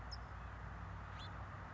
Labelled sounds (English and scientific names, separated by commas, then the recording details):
California Towhee (Melozone crissalis)
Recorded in Sonoma County, California